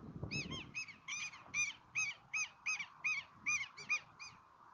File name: alerta de tero